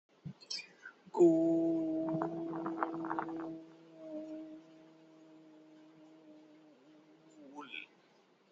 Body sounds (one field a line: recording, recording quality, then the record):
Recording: sustained vowel as in boot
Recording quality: excellent, no background noise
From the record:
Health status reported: healthy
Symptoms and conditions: none ticked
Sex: male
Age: 28 years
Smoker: not ticked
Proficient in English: yes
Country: India